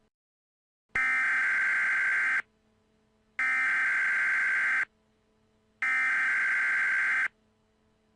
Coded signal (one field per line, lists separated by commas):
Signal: Emergency Alert System (SAME) tones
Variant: header bursts